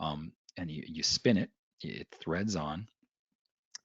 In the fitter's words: thread it on there, you hear a click, and then you pull it out, and it'll pull that alignment sleeve right out of there.